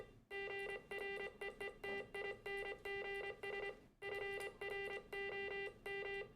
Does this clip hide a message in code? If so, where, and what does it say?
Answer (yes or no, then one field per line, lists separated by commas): yes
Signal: Morse code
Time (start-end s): 0.3-6.2 s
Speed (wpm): 25 wpm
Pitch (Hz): 2000 Hz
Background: music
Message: GREETINGS FROM